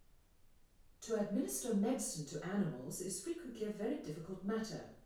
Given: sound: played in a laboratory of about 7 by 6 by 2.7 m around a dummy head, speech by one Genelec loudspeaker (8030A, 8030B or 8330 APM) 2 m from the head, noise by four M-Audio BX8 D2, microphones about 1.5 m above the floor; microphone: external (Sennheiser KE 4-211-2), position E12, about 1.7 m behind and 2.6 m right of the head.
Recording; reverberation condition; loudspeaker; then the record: female speech in English; medium; 30 degrees to the right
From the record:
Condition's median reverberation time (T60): about 510 ms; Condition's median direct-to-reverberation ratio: about -0.5 dB